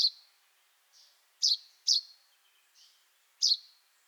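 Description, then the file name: Chaffinch calling: four bright, abrupt high notes, each dropping off quickly, with softer faint notes between them. "Fringilla coelebs"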